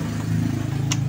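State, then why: Seated. A metal washing machine gearcase, with a stray screw removed, is pushed against its tub mounting. Over a steady low hum, a sharp click at 0.9 s marks it seating flush and sitting flat.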